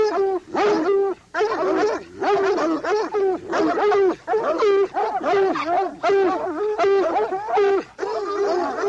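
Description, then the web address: Dogs barking and howling together, rough harmonic cries overlapping almost constantly, with brief pauses near one and eight seconds. "Sounds Halloween Haunted House Dogs"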